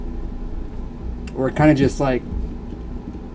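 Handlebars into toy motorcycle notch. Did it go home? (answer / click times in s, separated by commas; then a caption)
no / none. Plastic handlebars are pushed into the notch on a Marvel Legends War Machine and Punisher action-figure toy motorcycle, and they just go in without snapping. Someone talks briefly over a low, steady background hum. No click is heard, and the handlebars have not clicked into place.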